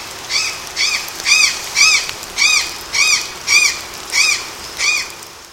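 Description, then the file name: Azure jay calling in a steady series of loud, arched, ringing notes rich in overtones, about nine calls each a little over half a second apart. Recorded in Canela, Rio Grande do Sul, Brazil, on 14 October 2014. "Cyanocorax-caerulea-Pq Ferradura Canela RS-BR-14-10-14-ASilveira"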